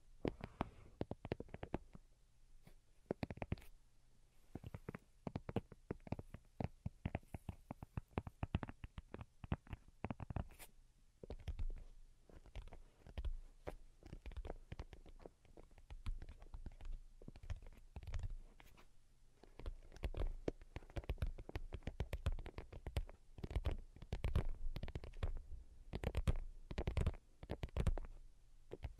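Delicate tapping runs through the whole clip in dense, uneven flurries of soft clicks, fairly bright. The pace quickens into busier clusters around the middle and near the end, with a faint low hum underneath throughout.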